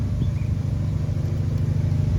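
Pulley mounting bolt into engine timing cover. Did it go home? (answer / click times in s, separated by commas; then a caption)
no / none. On a 2004–2008 Ford Focus, the idler/tensioner pulley is slid into its slot in the engine timing cover, and its mounting bolt is wiggled by hand until the threads grab, before it is run in with a ratchet. A steady low-frequency rumble fills the clip, with no distinct sharp sounds. Nothing has seated or clicked yet.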